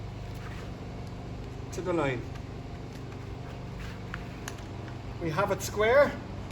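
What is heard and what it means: A Holmatro hydraulic rescue hose coupling is held square to the hydraulic cutters while someone talks over a steady low engine-like hum, with two brief faint ticks around 4.1 s and 4.5 s. The coupling is only being handled and has not clicked onto the cutters yet, so nothing has seated.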